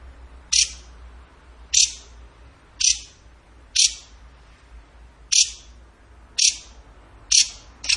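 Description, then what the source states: Bird call of sharp, high chip notes, repeated roughly once a second over a low background hum. Masteran (training recording) of a bird singing in the tembakan gacor style.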